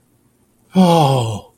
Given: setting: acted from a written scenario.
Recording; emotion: vocal sound without words; disappointment